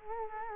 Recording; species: mosquito wingbeat signal from an infrared sensor; Culex quinquefasciatus